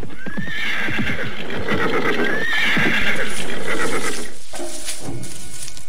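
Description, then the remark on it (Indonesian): A tired, staggering horse whinnies in a long, shrill, wavering call while hooves clip-clop in an uneven rhythm beneath it, followed by snorting and a softer, lower neigh at the end. “Tapi lihatlah kuda kita, sudah menjadi semakin limbung.”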